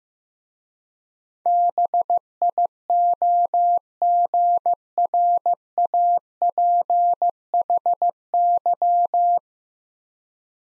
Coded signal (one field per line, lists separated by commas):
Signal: Morse code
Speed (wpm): 15 wpm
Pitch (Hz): 700 Hz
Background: none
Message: BIOGRAPHY